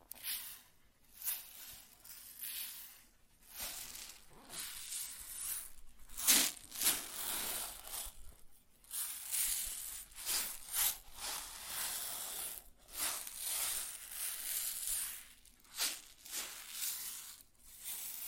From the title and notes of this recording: ASMR Grain Sounds (No Talking).